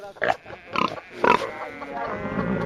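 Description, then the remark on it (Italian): A pig on Di Pietro's farm, kept with goats, grunts three times in quick, loud bursts, followed by a lower, steadier snorting drone that trails off. No one speaks. “Con le caprette, con i maiali, con i maiali, sentiamolo, vi prego.”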